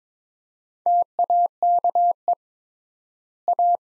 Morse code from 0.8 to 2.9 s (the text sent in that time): TAKE